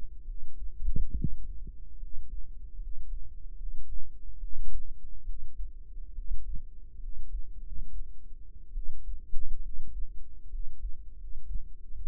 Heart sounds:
heart sounds by microphone in the right ear; 72 bpm
0.23 s: heartbeat
1.13 s: heartbeat
1.96 s: heartbeat
2.76 s: heartbeat
3.54 s: heartbeat
4.37 s: heartbeat
5.23 s: heartbeat
6.12 s: heartbeat
6.97 s: heartbeat
7.59 s: heartbeat
8.71 s: heartbeat
9.59 s: heartbeat
10.47 s: heartbeat
11.13 s: heartbeat
From the record:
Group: healthy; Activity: rest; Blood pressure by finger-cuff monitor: 112/71 mmHg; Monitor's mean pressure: 82 mmHg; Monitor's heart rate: 70 bpm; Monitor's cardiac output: 5.7 L/min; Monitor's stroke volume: 80 mL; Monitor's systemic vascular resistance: 1050 dyn s/cm5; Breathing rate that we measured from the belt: 15 breaths a minute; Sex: female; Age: 22 years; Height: 171 cm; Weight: 65.6 kg

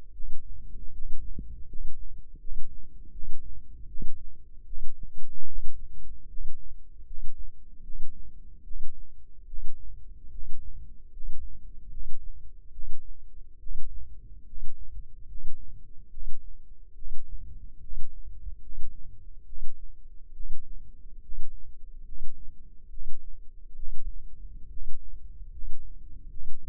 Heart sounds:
heart sounds by microphone in the left ear; 73 bpm
0.12 s: heartbeat
0.92 s: heartbeat
1.66 s: heartbeat
2.38 s: heartbeat
3.11 s: heartbeat
3.87 s: heartbeat
4.65 s: heartbeat
5.45 s: heartbeat
6.27 s: heartbeat
7.04 s: heartbeat
7.82 s: heartbeat
8.63 s: heartbeat
9.45 s: heartbeat
10.30 s: heartbeat
11.10 s: heartbeat
11.89 s: heartbeat
12.71 s: heartbeat
13.58 s: heartbeat
14.44 s: heartbeat
15.26 s: heartbeat
16.09 s: heartbeat
16.94 s: heartbeat
17.79 s: heartbeat
18.60 s: heartbeat
19.44 s: heartbeat
20.32 s: heartbeat
21.20 s: heartbeat
22.03 s: heartbeat
22.89 s: heartbeat
23.74 s: heartbeat
24.68 s: heartbeat
25.49 s: heartbeat
26.28 s: heartbeat
From the record:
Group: healthy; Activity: rest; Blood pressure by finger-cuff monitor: 94/57 mmHg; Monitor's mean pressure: 69 mmHg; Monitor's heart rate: 73 bpm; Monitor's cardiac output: 7 L/min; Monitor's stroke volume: 95 mL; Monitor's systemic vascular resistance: 690 dyn s/cm5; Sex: male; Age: 35 years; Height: 180 cm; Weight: 86.9 kg

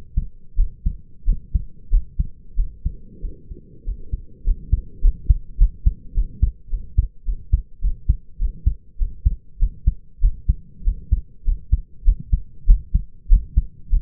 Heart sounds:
heart sounds by stethoscope; 99 bpm
0.56 s: heartbeat
1.25 s: heartbeat
1.90 s: heartbeat
2.56 s: heartbeat
3.21 s: heartbeat
3.84 s: heartbeat
4.44 s: heartbeat
5.01 s: heartbeat
5.58 s: heartbeat
6.14 s: heartbeat
6.70 s: heartbeat
7.25 s: heartbeat
7.81 s: heartbeat
8.39 s: heartbeat
8.98 s: heartbeat
9.59 s: heartbeat
10.21 s: heartbeat
10.84 s: heartbeat
11.44 s: heartbeat
12.04 s: heartbeat
12.66 s: heartbeat
13.28 s: heartbeat
13.89 s: heartbeat
From the record:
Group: healthy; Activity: cold pressor test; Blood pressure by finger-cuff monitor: 103/67 mmHg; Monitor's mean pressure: 79 mmHg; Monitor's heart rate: 98 bpm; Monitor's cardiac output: 6.7 L/min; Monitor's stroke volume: 69 mL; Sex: male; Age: 22 years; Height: 181 cm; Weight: 60 kg

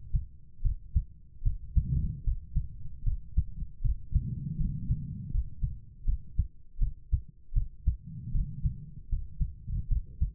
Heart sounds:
heart sounds by stethoscope; 78 bpm
0.62 s: heartbeat
1.42 s: heartbeat
2.23 s: heartbeat
3.03 s: heartbeat
3.81 s: heartbeat
4.57 s: heartbeat
5.31 s: heartbeat
6.04 s: heartbeat
6.78 s: heartbeat
7.53 s: heartbeat
8.31 s: heartbeat
9.09 s: heartbeat
9.88 s: heartbeat
From the record:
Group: healthy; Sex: female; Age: 32 years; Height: 172 cm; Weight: 71.7 kg

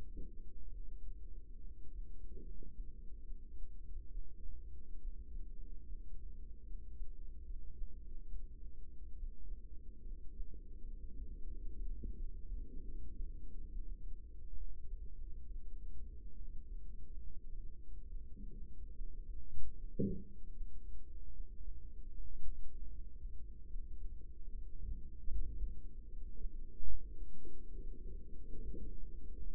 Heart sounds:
heart sounds by microphone in the right ear; 73 bpm
0.69 s: heartbeat
1.60 s: heartbeat
2.41 s: heartbeat
3.21 s: heartbeat
4.08 s: heartbeat
4.97 s: heartbeat
5.85 s: heartbeat
6.63 s: heartbeat
7.43 s: heartbeat
8.26 s: heartbeat
9.13 s: heartbeat
10.02 s: heartbeat
10.80 s: heartbeat
11.50 s: heartbeat
12.15 s: heartbeat
12.81 s: heartbeat
13.67 s: heartbeat
14.54 s: heartbeat
15.46 s: heartbeat
16.35 s: heartbeat
17.19 s: heartbeat
18.06 s: heartbeat
18.92 s: heartbeat
19.73 s: heartbeat
20.51 s: heartbeat
21.31 s: heartbeat
22.10 s: heartbeat
22.88 s: heartbeat
23.65 s: heartbeat
24.45 s: heartbeat
25.26 s: heartbeat
26.07 s: heartbeat
26.85 s: heartbeat
27.67 s: heartbeat
28.51 s: heartbeat
29.37 s: heartbeat
From the record:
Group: healthy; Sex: female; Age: 24 years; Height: 163 cm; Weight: 55.7 kg

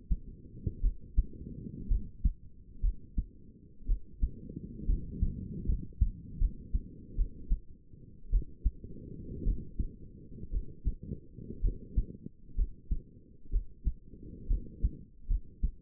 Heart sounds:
heart sounds by stethoscope; 62 bpm
0.81 s: heartbeat
1.89 s: heartbeat
2.82 s: heartbeat
3.87 s: heartbeat
4.87 s: heartbeat
5.67 s: heartbeat
6.39 s: heartbeat
7.16 s: heartbeat
8.31 s: heartbeat
9.45 s: heartbeat
10.51 s: heartbeat
11.62 s: heartbeat
12.56 s: heartbeat
13.51 s: heartbeat
14.48 s: heartbeat
15.28 s: heartbeat
From the record:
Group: healthy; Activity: cold pressor test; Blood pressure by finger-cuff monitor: 108/67 mmHg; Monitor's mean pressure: 82 mmHg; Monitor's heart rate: 60 bpm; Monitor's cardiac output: 5.5 L/min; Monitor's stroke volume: 91 mL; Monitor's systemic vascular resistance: 1120 dyn s/cm5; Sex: female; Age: 28 years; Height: 170 cm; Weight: 77 kg

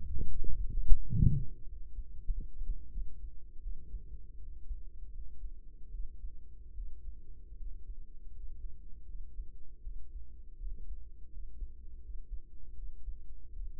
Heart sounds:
heart sounds by microphone in the right ear; 83 bpm
0.45 s: heartbeat
1.08 s: heartbeat
1.67 s: heartbeat
2.28 s: heartbeat
2.92 s: heartbeat
3.61 s: heartbeat
4.39 s: heartbeat
5.11 s: heartbeat
5.90 s: heartbeat
6.73 s: heartbeat
7.56 s: heartbeat
8.32 s: heartbeat
9.05 s: heartbeat
9.81 s: heartbeat
10.57 s: heartbeat
11.29 s: heartbeat
11.99 s: heartbeat
12.74 s: heartbeat
13.52 s: heartbeat
From the record:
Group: healthy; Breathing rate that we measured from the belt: 18 breaths a minute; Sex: male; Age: 35 years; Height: 178 cm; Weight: 64 kg

